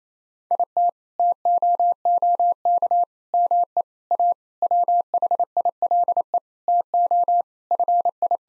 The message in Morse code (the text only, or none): IT TOOK ME A WHILE TO FI